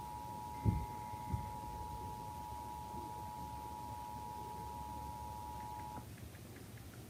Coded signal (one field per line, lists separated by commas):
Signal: Emergency Alert System (SAME) tones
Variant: 853 and 960 Hz attention tone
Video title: EAS SVR (From TAE) 3/6/26 4:51 PM EST (Credit Goes To @SouthernPennsylvaniaWX/@KanawhaCountyWX)